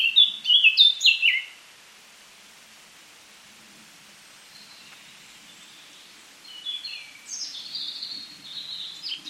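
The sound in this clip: Eurasian Blackcap singing a short, loud warbling burst, followed by silence and a later, quieter phrase.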